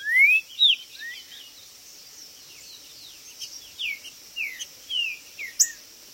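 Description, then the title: Green-winged saltator whistles: rising and falling slurred notes in short series, partly masked by broad background noise and a steady high hiss. Chirping, singing and macheando, male territorial calling in a singing contest (disputa). "TRINCA Piando, Cantando E Macheando Na DISPUTA. TRINCA FERRO"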